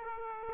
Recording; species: mosquito wingbeat signal from an infrared sensor; Aedes aegypti